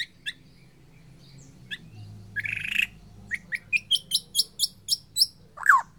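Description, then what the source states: White-rumped shama song: scattered sharp notes, a harsh burst, then a quick repeated series of high clear whistles and a final falling slur. Murai Borneo type from Borneo; bird named Mas Kiki.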